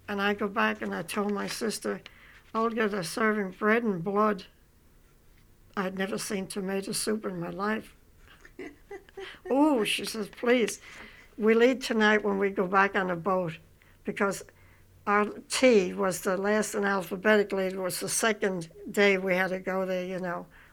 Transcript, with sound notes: And I go back and I told my sister, "Olga, they're serving bread and blood." I'd never seen tomato soup in my life. (laughs) "Ooh", she says, "please, we'll eat tonight when we go back on the boat." Because our T was the last in alphabetically and was the second day we had to go there, you know.